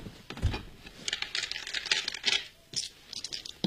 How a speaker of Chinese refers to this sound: 摆桌面打麻将。